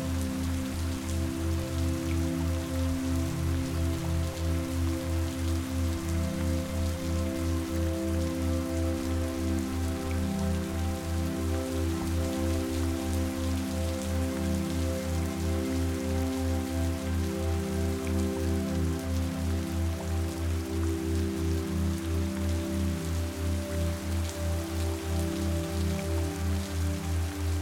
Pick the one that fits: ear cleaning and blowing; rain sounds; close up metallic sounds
rain sounds